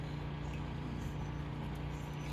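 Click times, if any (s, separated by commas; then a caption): none. A plastic wiper blade adapter clip is looped over the metal J-hook wiper arm and slid into position. Steady low vehicle or engine rumble fills the clip, with no distinct sudden sounds. Nothing has seated or clicked yet.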